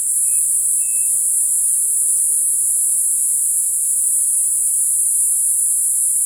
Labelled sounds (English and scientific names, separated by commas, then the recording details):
Striped Cuckoo (Tapera naevia)
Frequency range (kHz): Striped Cuckoo (Tapera naevia) 2.4-2.9 kHz
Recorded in forest near Pivijay, Magdalena, Colombia, on 6 June 2023 at 15:30
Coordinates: 10.467, -74.380
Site Z5-G034